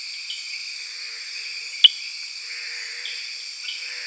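Eleutherodactylus inguinalis frog call: a single sharp, high click near the middle, over a steady high-pitched insect chorus.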